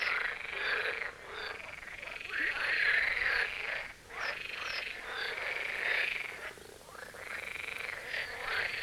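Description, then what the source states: Marsh frog chorus, steady wall of rattling croaks from many frogs, swelling and dipping briefly. Chorus at the Birkensee, Schönbuch, Germany; recorded on one of the first proper hot days of summer 2023.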